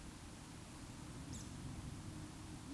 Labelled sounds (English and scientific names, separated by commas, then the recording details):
Eurasian Woodcock (Scolopax rusticola) whistle
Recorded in Baden-Württemberg, Germany, on 19 June 2020 at 20:07 UTC
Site 44397, 226 m above sea level